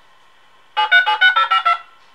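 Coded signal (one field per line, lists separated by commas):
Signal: DTMF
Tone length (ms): 90 ms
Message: 737652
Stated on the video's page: Tones from a Hayes Smartmodem 1200 driven by an Atari 130XE, tested without a phone line; the modem may be misbehaving.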